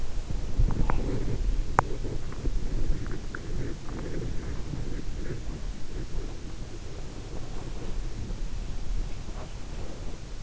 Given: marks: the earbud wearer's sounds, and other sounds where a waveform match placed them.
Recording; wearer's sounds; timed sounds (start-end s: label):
sounds in sleep by an in-ear microphone; body movement, breath
0.00-7.11 s: body movement
7.27-10.43 s: breath